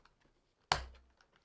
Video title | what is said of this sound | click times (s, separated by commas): eufy S1 Pro – The Ultimate All-in-One Cleaning Robot? | line them up and snap them in | 0.7 s